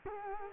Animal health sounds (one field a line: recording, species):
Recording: mosquito wingbeat signal from an infrared sensor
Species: Culex quinquefasciatus